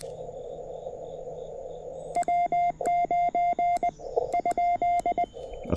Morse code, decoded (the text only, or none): W9 ?